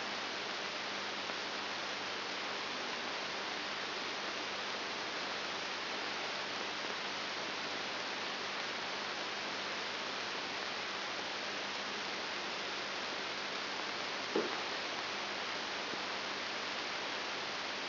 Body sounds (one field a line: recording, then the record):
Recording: brain microelectrode recording played as sound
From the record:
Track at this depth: inside the subthalamic nucleus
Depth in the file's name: 5.901 mm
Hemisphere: left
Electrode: 3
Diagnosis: Parkinson's disease